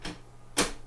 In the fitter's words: Twist it till it clicks.